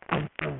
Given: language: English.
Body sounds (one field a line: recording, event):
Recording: throat vibration sensor signal played as sound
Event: throat clearing